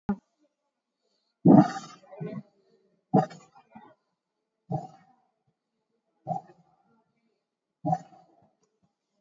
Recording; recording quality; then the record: shallow breathing; excellent, no background noise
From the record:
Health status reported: COVID-19 positive, no symptoms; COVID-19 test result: positive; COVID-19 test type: RT-PCR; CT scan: not taken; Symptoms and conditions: fatigue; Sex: male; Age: 36 years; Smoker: no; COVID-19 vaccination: one dose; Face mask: worn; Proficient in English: yes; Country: India